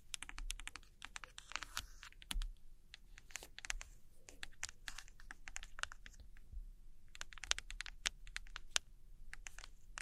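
Gentle scratchy tapping and tracing on old postcards, heard as quick, crisp clicks arriving in dense bursts with brief pauses near two, four and seven seconds. The taps are sharp and bright, over a faint low hum and soft rustling.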